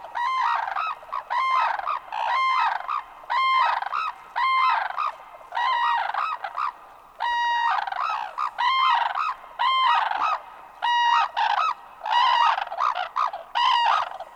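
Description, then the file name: Red-crowned crane calls: loud, rich trumpeting honks repeated steadily for the whole stretch. "Japansk trana"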